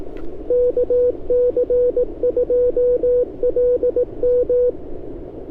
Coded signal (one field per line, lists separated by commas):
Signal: Morse code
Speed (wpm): 18 wpm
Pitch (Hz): 500 Hz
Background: radio noise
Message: KC2LM